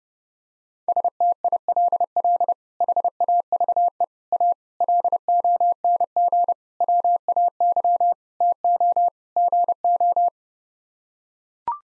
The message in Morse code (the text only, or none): STILL HAVE A LONG WAY TO GO